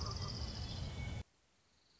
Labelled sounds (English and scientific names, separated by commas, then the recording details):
Orange-crowned Warbler (Leiothlypis celata)
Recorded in Sonoma County, California